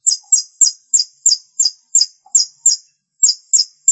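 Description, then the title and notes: Long-tailed shrike calls: quick, high-pitched chirps repeated about three times a second, with one short gap midway. Called pentet in Indonesian; dated March 2017. "Pentet 201703. Suara burung pentet"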